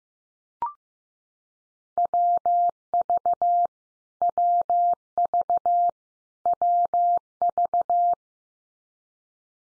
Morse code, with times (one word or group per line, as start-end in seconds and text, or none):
2.0-3.7 WV
4.2-5.9 WV
6.5-8.1 WV